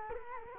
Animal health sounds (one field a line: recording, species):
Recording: mosquito wingbeat signal from an infrared sensor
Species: Culex quinquefasciatus